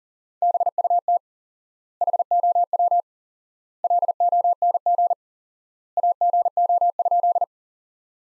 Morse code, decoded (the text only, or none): BUT HOW LONG AGO?